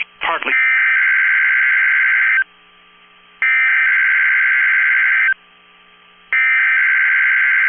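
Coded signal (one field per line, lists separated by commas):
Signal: Emergency Alert System (SAME) tones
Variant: header bursts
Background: speech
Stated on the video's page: Required weekly test for Pennsylvania.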